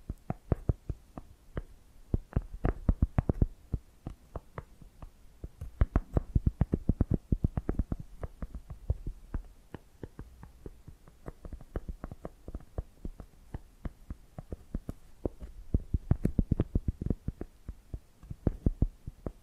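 Tapping and scratching sounds come in quick, uneven bursts of sharp clicks, dense and irregular throughout the nineteen seconds. The taps have a dull, thumping low end with brighter edges, and brief pauses break up the clusters. A faint low hum sits underneath.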